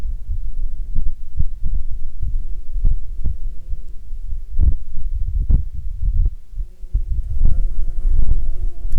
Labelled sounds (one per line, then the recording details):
wind
animal
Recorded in Ivvavik National Park, Yukon, on 30 June 2019 at 19:35
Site SINP09